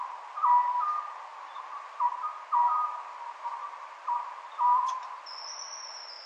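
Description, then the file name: Oriental scops owl calling: hollow notes in several short repeated phrases, with a thin high whine near the end. Recorded at Nikko on 2 June 2012. "konoha nikko abe"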